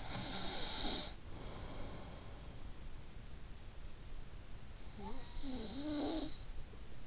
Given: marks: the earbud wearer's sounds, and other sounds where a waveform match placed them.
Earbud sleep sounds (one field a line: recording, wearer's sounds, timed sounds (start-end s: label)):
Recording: sounds in sleep by an in-ear microphone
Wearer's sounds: snoring breath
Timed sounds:
0.11-2.66 s: snoring breath
4.69-7.07 s: snoring breath